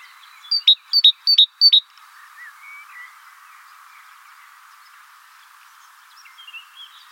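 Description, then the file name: Great tit calling a quick run of four bright two-note phrases, a high note dropping to a lower one, then quiet with faint background chirps. "Parus major"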